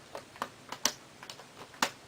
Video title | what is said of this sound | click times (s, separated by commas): TOSHIBA SATELLITE M505-S4945 Screen Repair (laptopscreen.com) | and then just as you go around the side just snap them in place there we | 0.4 s, 0.9 s, 1.8 s